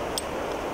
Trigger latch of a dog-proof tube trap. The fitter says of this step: you're just getting it set and you're going to hear that click that trap is now set